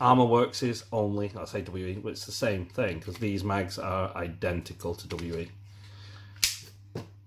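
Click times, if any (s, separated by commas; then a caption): 6.4 s. Someone talks, then a metal magazine for an EMG STI Combat Master airsoft gas pistol is pushed into the pistol grip. It latches with a sharp, positive click at 6.4 seconds, and the magazine is seated.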